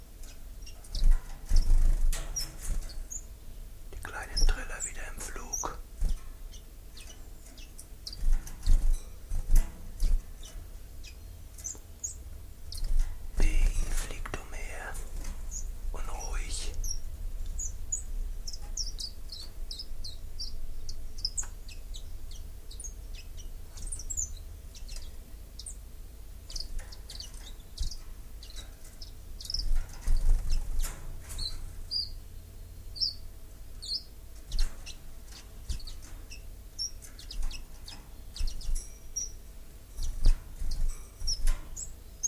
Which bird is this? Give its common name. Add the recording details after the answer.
Common Chiffchaff. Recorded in captivity. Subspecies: collybita. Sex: pair. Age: adult. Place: Zoologisches Institut Universität Tübingen, Baden-Württemberg, DE. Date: 1963-04-01. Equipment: LGS26. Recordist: Schneider, Hans-Joachim. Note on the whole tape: Paar: Männchen Tier B, Weibchen Tier C: Gesang und Rufe. MaAs: M.Sch. Auch Aufnahmen vom 16. April um 6 Uhr